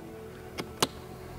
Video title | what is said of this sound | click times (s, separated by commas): How to PAINT your TRIM for $15 // BETTER than VINYL WRAP // SHADOW LINE | tool and it's gonna pop forward and then rock out | 0.8 s